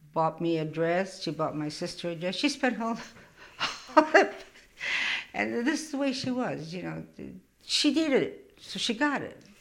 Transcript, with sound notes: bought me a dress, she bought my sister a dress. She spent all that. ( she laughs ) And that's the way she was, you know. She needed it, she got it.